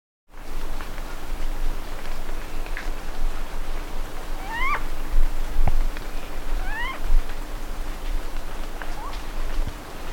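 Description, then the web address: Vasa parrot calls: a few rising, harmonic whistled notes, some ending in a quick upward flick, scattered over ten seconds above a steady low hum. "parrots coracopsis"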